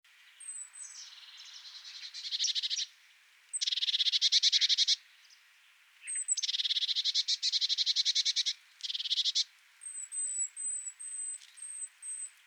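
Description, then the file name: Eurasian blue tit giving high, thin whistled notes, then several dry, rapid churring rattles of about one to two seconds each, ending with a series of short, high whistled notes. "Cyanistes caeruleus"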